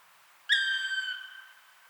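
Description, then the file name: Black woodpecker uttering a single drawn-out, clear ringing call that starts sharply, falls slightly in pitch and fades within a second. "Dryocopus martius"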